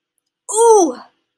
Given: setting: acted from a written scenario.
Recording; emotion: vocal sound without words; pain